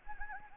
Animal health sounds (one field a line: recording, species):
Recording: mosquito wingbeat signal from an infrared sensor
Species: Anopheles gambiae